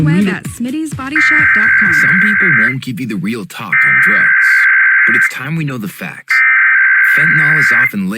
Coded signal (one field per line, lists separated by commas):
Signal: Emergency Alert System (SAME) tones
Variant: header bursts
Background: speech